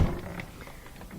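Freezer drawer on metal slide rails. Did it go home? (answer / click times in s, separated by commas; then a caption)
no / none. An LG refrigerator's freezer door and drawer assembly is pushed back in along its metal slide rails, making a low sliding rumble that fades, then a brief tap at 0.4 s and a softer knock at 0.6 s. The drawer has not clicked into place yet.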